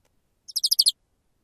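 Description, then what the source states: Woodpecker giving a quick series of six short, very high notes in under half a second, with silence around them. Soft cry.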